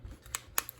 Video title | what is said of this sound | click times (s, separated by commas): Tecknet mouse M002 - fix the scroll wheel | there we go and snaps back in | 0.6 s